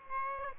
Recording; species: mosquito wingbeat signal from an infrared sensor; Aedes aegypti